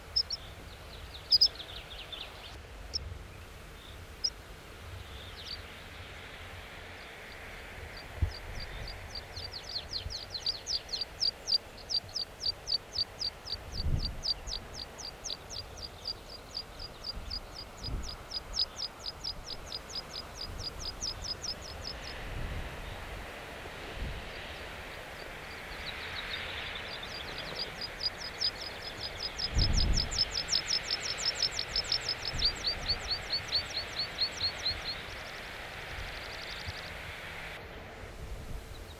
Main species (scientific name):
Anthus pratensis